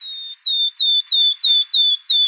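Bird calls: seven clear, high whistled notes, most starting sharply and sliding down, repeated about every third of a second.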